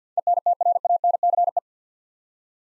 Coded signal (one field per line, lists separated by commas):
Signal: Morse code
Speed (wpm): 50 wpm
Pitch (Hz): 700 Hz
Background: none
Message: ENTRANCE